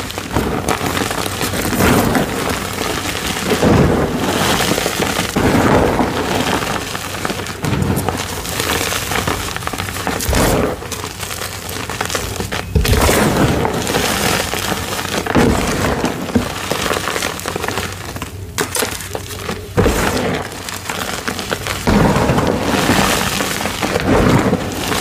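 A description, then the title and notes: Blue dyed gym chalk is crushed, giving a dense, gritty crunching that continues without a break for the whole stretch. Sharper crackling bursts stand out every couple of seconds against the steady grainy hiss, much like rain or crumpling. Satisfying Gym Chalk Crushing ASMR. Asmr satisfying videos of blue dyed gym chalk crushing.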